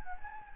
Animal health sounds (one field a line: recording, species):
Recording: mosquito wingbeat signal from an infrared sensor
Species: Anopheles gambiae